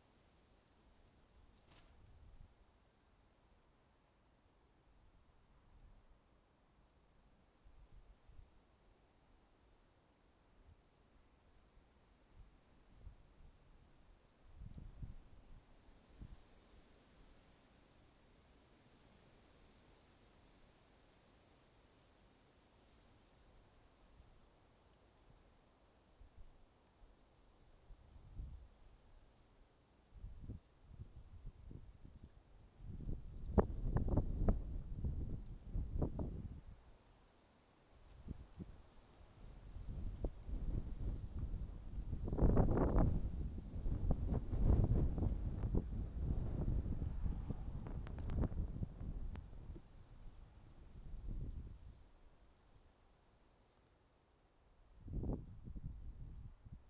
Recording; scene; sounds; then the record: everyday scene through a hearing-aid microphone; wind on the microphone; wind, traffic, birds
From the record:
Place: suburban garden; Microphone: in the ear canal, right